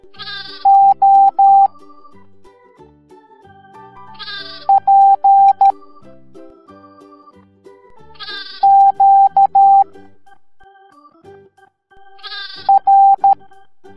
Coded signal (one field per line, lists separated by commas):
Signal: Morse code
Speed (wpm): 13 wpm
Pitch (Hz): 790 Hz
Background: music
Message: O P Q R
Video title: Morse Code Alphabet Sheep Parade